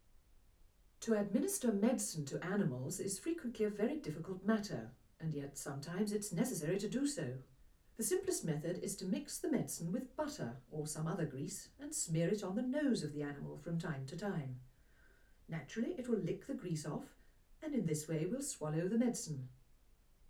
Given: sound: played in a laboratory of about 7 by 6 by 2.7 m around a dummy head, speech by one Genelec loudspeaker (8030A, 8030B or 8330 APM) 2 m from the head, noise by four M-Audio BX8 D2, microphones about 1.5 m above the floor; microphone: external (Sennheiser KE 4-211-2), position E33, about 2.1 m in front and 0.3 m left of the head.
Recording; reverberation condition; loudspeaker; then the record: female speech in English; low; 120 degrees to the left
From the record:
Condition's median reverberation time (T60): about 310 ms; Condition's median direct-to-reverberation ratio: about 3.5 dB